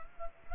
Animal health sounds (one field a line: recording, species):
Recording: mosquito wingbeat signal from an infrared sensor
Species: Culex quinquefasciatus